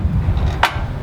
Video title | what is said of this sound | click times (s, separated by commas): Blue Ox Sway Pro Weight Distribution Hitch setup at Dans Hitch | and you heard the latch little latch go in the hole | 0.6 s